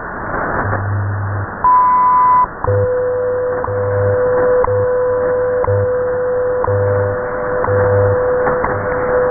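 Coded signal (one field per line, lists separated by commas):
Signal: radio time signal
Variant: WWV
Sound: sharp ticks each second, a brief 1 kHz tone, then steady 500 Hz tone with low hum pulses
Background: radio static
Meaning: Ticks mark each UTC second; the 1 kHz tone marks a minute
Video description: Time signals from Colorado received loud and clear, with Hawai barely audible in the background on 10 mHz.around 0620 UTC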